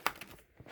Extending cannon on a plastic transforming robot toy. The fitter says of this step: you got to expand his little cannon out it'll pop into place